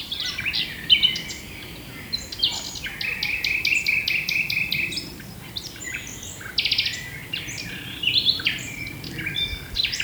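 Common nightingale song in varied phrases: rapid buzzy repeated notes, sharp chirps and a run of even, pulsed notes, delivered almost continuously with little pause.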